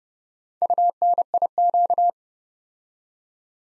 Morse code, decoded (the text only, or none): UNIQ